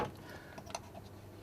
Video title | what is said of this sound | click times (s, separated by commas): A Video Short .. about cables.. Just a few takes about cables and wires inside MCR21 | and the retaining bar clips in place like that. | 0.8 s